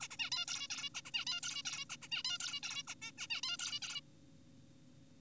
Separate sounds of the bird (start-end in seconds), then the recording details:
0.01-0.07, 0.11-0.17, 0.19-0.30, 0.32-0.45, 0.48-0.67, 0.70-0.89, 0.95-1.01, 1.05-1.11, 1.14-1.25, 1.27-1.41, 1.43-1.63, 1.65-1.85, 1.90-1.97, 2.02-2.08, 2.12-2.23, 2.25-2.38, 2.40-2.60, 2.63-2.83, 2.88-2.95, 3.02-3.12, 3.18-3.27, 3.30-3.41, 3.43-3.57, 3.59-3.79, 3.82-4.01. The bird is an adult. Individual g4p5U